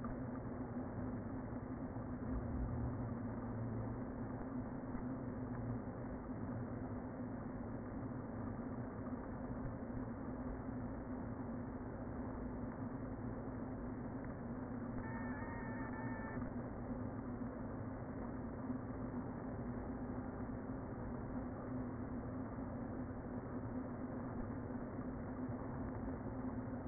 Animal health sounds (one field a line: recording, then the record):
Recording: honeybee colony, microphone inside the hive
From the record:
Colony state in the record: queen present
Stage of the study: before two queens were removed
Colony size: about 60,000 bees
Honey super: yes